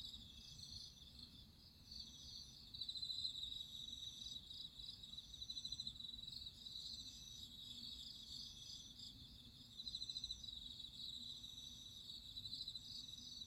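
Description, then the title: Crickets keep up a dense high trilling chorus, louder pulsed bursts returning every few seconds above a faint low hum. Crickets singing at midnight. "Listen to nature crickets singing at midnight"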